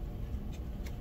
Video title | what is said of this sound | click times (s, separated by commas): Transformers HasLab Victory Saber - Primera Muestra (Prototipo Funcional) | should hear click | 0.9 s